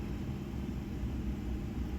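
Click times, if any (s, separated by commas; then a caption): none. A metal clip adapter for an NTI machined pocket clip is handled against the groove on a machined pen body, where it will replace the old bent clip. Only a steady low rumble and broadband hiss are heard, with no distinct sounds. Nothing has snapped or seated yet.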